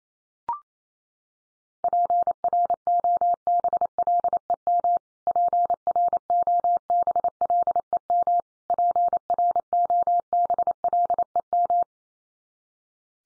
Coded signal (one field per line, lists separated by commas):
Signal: Morse code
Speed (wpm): 28 wpm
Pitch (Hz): 700 Hz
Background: none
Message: PROBLEM PROBLEM PROBLEM